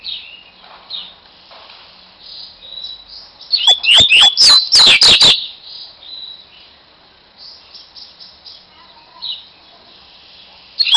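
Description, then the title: Double-collared seedeater song: soft high chirps and twitters with a louder burst of rapid notes midway. "Canto Coleiro"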